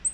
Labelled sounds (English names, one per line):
Black-throated Green Warbler flight call